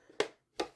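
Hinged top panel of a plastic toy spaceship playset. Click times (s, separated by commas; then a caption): 0.2 s, 0.6 s. The hinged plastic top panel of a Star Wars The Vintage Collection Slave 1 toy spaceship playset (Amazon Exclusive) is closed, giving two sharp clicks at 0.2 s and 0.6 s, one for each side, with quiet between them. The panel locks in place, seated on both sides.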